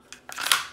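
A Shield Plus handgun is pushed into a molded polymer Tactical Scorpion Gear holster, with a faint tick at 0.1 seconds and a rising slide of plastic on plastic from about 0.3 seconds. It seats with a sharp, loud snap at 0.5 seconds, and the pistol is retained in the holster.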